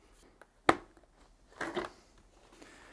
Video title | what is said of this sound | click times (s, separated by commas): How to change a visor: HJC i71 motorcycle helmet | so that one's clicked into place we need to do the same on the other side | 0.7 s